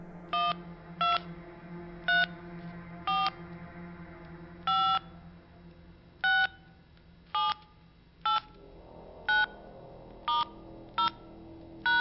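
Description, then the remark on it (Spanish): A dozen short, bright keypad tones as someone slowly dials a phone number on a telephone handset, each beep a crisp dual pitch, spaced unevenly with brief pauses, over a low steady hum. “Sacó fuerzas de donde no podía ver nada, y acercó una mano al auricular, marcando lentamente los 9 números que conformaban el teléfono de su novia.”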